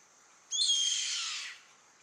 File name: Canto do gaviao carrapateiro Milvago chimachima